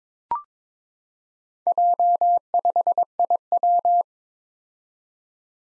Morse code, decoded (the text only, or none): J5IW